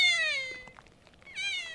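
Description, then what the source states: Kea giving two loud, harsh, drawn-out cries, each falling in pitch, with faint soft sounds in the pause between. Kea heard during ridiculously heavy snowfall while searching for rock wren nests in the Haast Range, New Zealand.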